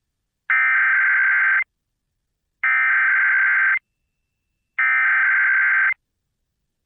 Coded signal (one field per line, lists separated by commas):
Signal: Emergency Alert System (SAME) tones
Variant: header bursts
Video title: EAS #1208: EAS Required Monthly Test- July 10, 2026- 10:50AM PDT